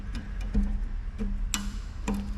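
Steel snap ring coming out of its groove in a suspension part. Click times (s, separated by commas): 1.5 s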